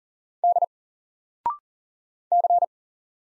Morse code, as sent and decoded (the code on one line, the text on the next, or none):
-.. / -.-.
D C